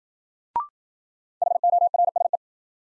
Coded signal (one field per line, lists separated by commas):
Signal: Morse code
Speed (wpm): 53 wpm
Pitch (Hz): 700 Hz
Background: none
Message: HORSE